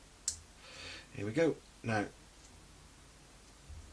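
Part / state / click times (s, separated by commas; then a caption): plastic model engine assembly onto aircraft firewall / seated / 0.3 s. A plastic engine assembly for a Revell 1/32 Messerschmitt Bf110 C-2 scale model is pushed onto the aircraft firewall and clicks into place with one sharp click at 0.3 s. Someone then talks, and the engine is seated on the firewall.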